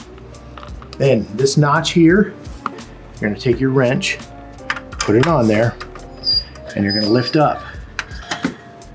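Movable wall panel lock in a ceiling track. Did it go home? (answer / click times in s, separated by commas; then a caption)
yes / 8.0 s. A wrench is placed in the notch of an operable wall panel and lifted up to lock the movable panel into its ceiling track, working against a lot of tension. Someone talks throughout, then a sharp click at 8.0 s is followed by two smaller knocks. The panel locks into place.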